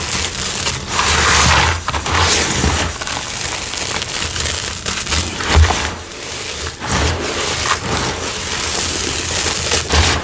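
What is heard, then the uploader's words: Crunchy, gritty cornstarch and dyed gym chalk crumble in a dense, continuous stream of crackles and crisp crunches. Louder bursts come often, near 1, 2, 5.5, 7 and 10 seconds, with a low thudding pressure under the bright, flaky grit throughout. Crispy, crunchy, flaky, gritty cornstarch crunchies and dyed gym chalk crumbling. GREEN Citric Acid Dyed Chalk.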